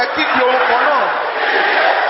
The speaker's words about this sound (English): Brothers, can I hear you shouting the same?